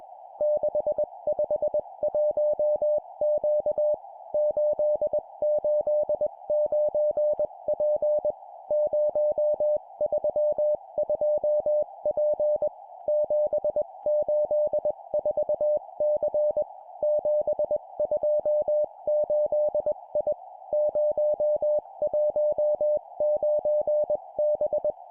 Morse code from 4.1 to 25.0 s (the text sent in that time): 889P 032P 784C 728I 019B